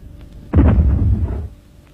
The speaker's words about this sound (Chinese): 屋里又发出了爆炸声。这声爆炸不是地雷，也不是炸弹